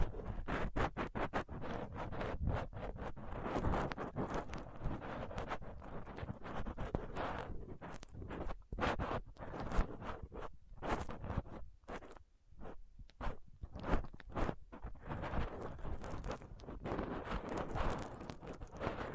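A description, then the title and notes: A dental pick, tweezers and a cotton swab scrape and pick right against a microphone, making dense, close scratchy clicks and rasps across low and bright tones. The scraping is irregular but nearly constant, with brief quieter gaps around eight and twelve seconds. ASMR Rough Mic Picking using Dental PickTweezersCotton Swab (No Talking).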